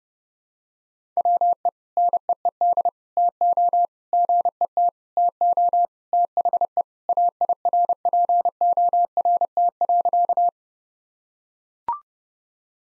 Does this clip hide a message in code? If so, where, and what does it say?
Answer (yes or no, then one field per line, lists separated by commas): yes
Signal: Morse code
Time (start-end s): 1.2-10.5 s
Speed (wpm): 30 wpm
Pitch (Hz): 700 Hz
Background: none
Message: WE NEED TO GET TO THE AIRPORT.